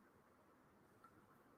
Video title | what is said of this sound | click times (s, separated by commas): Build The VW T1 Samba - ISSUE 51 & 52 | I don't know if you heard that. You probably heard that click. It sort of came out of its position. | 1.0 s